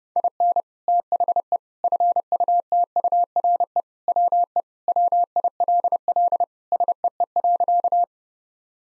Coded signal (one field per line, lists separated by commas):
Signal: Morse code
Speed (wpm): 32 wpm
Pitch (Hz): 700 Hz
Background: none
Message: IN THE FUTURE WE WILL SEE.